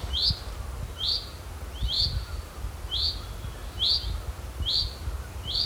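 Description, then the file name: Common chaffinch repeating one clipped, bright call note seven times at a fairly even pace, with low rumbling noise underneath. "Fringilla coelebs"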